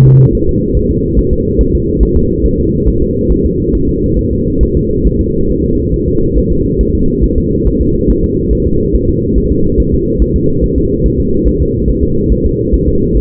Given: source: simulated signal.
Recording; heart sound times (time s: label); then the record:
fetal heart sounds
0.07 s: S2
0.35 s: S1
0.49 s: S2
0.77 s: S1
0.91 s: S2
1.19 s: S1
1.33 s: S2
1.61 s: S1
1.75 s: S2
2.03 s: S1
2.17 s: S2
2.46 s: S1
2.60 s: S2
2.88 s: S1
3.02 s: S2
3.32 s: S1
3.46 s: S2
3.75 s: S1
3.89 s: S2
4.19 s: S1
4.33 s: S2
4.63 s: S1
4.77 s: S2
5.07 s: S1
5.21 s: S2
5.50 s: S1
5.64 s: S2
5.94 s: S1
6.08 s: S2
6.38 s: S1
6.52 s: S2
6.81 s: S1
6.95 s: S2
7.24 s: S1
7.38 s: S2
7.67 s: S1
7.81 s: S2
8.10 s: S1
8.24 s: S2
8.53 s: S1
8.67 s: S2
8.95 s: S1
9.09 s: S2
9.38 s: S1
9.52 s: S2
9.80 s: S1
9.94 s: S2
10.22 s: S1
10.36 s: S2
10.64 s: S1
10.78 s: S2
11.06 s: S1
11.20 s: S2
11.48 s: S1
11.62 s: S2
11.89 s: S1
12.04 s: S2
12.32 s: S1
12.46 s: S2
12.74 s: S1
12.88 s: S2
13.17 s: S1
From the record:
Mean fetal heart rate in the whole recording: 140 bpm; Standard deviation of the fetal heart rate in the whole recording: 2 bpm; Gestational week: 34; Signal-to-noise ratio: -15.3 dB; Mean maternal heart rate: 72 bpm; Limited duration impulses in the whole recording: present